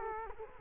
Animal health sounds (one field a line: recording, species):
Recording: mosquito wingbeat signal from an infrared sensor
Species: Culex quinquefasciatus